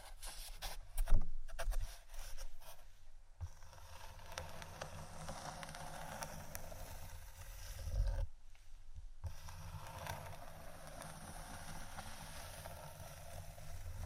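Wooden items are tapped and scratched, with a loud knocking burst near one second and another thump around eight seconds. Between them runs a dense, steady scraping rustle, broken by brief quiet gaps near three and nine seconds, with a low rumble underneath.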